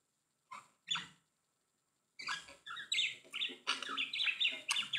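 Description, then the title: Budgerigar chatter: two soft chirps, a pause, then a rapid string of rasping, squeaky notes repeated several times a second. "Budgie Sounds"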